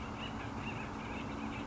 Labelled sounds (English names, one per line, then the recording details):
Acorn Woodpecker
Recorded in Sonoma County, California